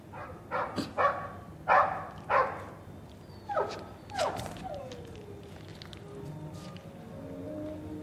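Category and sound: animal, dog barking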